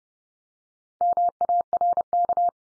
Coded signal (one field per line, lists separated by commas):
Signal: Morse code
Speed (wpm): 30 wpm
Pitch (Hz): 700 Hz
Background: none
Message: MARK